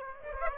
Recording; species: mosquito wingbeat signal from an infrared sensor; Aedes aegypti